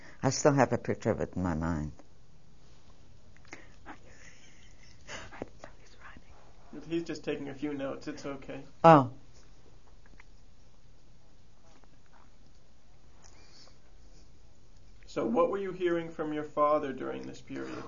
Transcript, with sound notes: I still have a picture of it in my mind. (She laughs.)
He's just taking a few notes. It's okay.
Oh.
So what were you hearing from your father during this period?